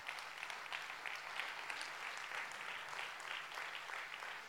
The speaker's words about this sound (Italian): Non sono meravigliose queste persone, vogliamo fare un applauso a loro.